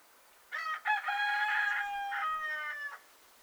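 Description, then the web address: Rooster crowing: a clipped opening note followed by a long drawn-out crow of several segments lasting over two seconds. Recorded in a soft breeze. "Dizzy Duck - Sounds From Nature Rooster singing"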